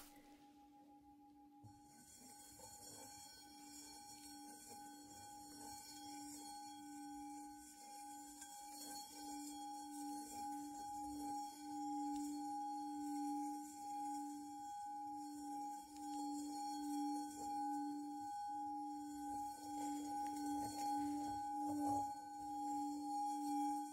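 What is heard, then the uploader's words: A Tibetan singing bowl rings with a steady, humming tone that swells slightly, while soft brushing and rustling sounds texture it throughout. Focus Tibetan Singing Bowl and Ear Brushing. ASMR Sounds Binaural Triggers Relaxing caresses on your ears with different brushes, foam and burlap during the tinkling of a Tibetan Bowl.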